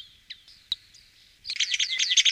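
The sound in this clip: Bird singing: a few thin, high, scattered notes, then a quick run of bright twittering notes in the final second.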